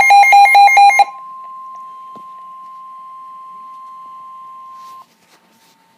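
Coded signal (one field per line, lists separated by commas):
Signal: Emergency Alert System (SAME) tones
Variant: 1050 Hz attention tone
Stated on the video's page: Flash Flood Warning relayed by a radio station.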